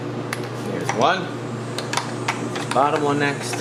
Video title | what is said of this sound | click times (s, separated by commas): Fixing Up The Jeep :D - Radiator - A/C Compressor - Water pump - And More - Building | correct specs and then we're gonna go ahead and just listen for the click here's | 0.3 s